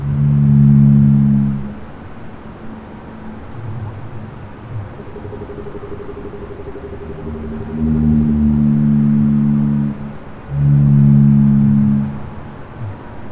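Blue whale calls: three long, low, harmonic tonal moans, each around two seconds, separated by quieter gaps of rumbling background noise.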